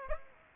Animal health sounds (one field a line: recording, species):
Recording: mosquito wingbeat signal from an infrared sensor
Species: Aedes aegypti